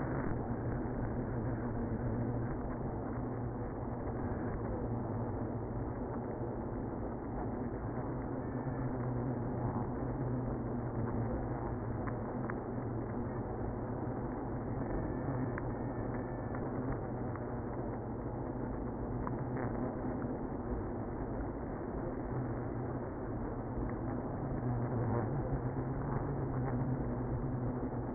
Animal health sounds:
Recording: honeybee colony, microphone inside the hive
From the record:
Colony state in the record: queenless (queen removed)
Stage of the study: after two queens were removed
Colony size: about 60,000 bees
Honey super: yes

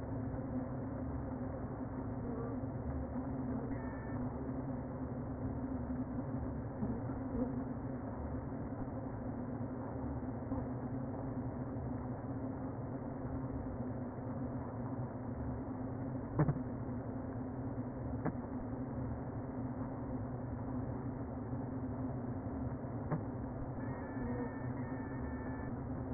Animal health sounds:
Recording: honeybee colony, microphone inside the hive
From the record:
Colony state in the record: queen present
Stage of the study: before two queens were removed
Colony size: about 60,000 bees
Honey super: yes

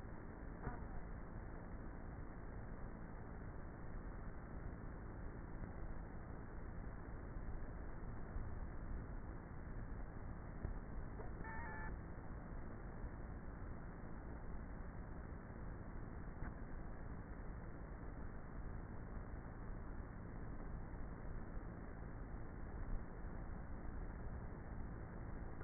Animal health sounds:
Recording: honeybee colony, microphone inside the hive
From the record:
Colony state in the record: queenless with a low population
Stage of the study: before two queens were removed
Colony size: about 30,000 bees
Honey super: no

